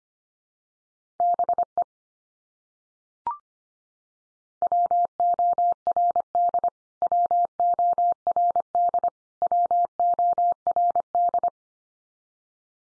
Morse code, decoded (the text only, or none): BE WORD WORD WORD